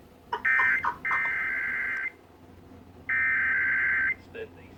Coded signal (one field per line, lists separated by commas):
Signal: Emergency Alert System (SAME) tones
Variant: header bursts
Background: speech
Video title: Shasta/Trinity's Required Monthly Test (EAS #1126-1134)